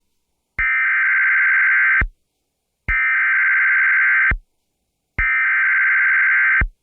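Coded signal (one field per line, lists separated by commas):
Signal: Emergency Alert System (SAME) tones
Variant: header bursts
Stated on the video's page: Severe thunderstorm warning SAME alert relayed by an FM broadcast station on 99.3 FM, using EASyPLUS alert equipment.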